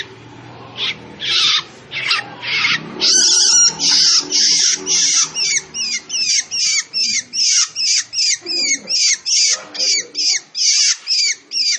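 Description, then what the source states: Long-tailed shrike pouring out harsh, scratchy notes: an opening noisy burst, then a steady rapid series of rasping phrases continuing to the end. Bird described as gacor, singing actively and frequently.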